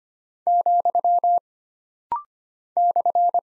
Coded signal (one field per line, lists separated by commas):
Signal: Morse code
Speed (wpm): 25 wpm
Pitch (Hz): 700 Hz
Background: none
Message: , /